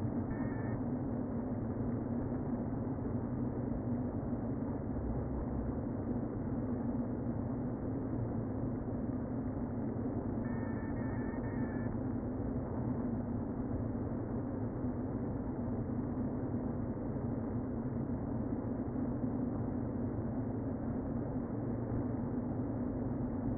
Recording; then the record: honeybee colony, microphone inside the hive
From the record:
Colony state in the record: queen present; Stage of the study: before two queens were removed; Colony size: about 60,000 bees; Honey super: yes